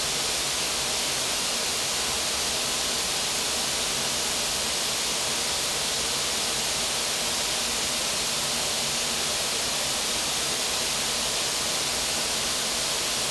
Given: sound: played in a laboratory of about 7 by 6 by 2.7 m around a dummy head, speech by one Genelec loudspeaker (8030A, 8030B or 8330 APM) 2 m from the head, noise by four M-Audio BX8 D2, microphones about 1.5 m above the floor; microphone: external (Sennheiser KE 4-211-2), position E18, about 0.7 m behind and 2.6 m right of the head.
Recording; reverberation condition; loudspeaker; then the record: white noise; high; four, about 170 cm from the corners of the room and facing them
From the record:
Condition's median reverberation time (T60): about 1300 ms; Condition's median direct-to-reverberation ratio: about -4.0 dB